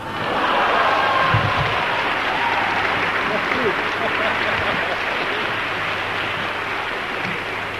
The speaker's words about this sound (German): Ich bin zwar jetzt nicht ganz sicher, worauf sich der Beifall bezieht, ob auf die Qualität der Äußerungen oder ob auf die Übereinstimmung mit der mir zwar nicht genau erkennbaren wissenschaftlichen Position dahinter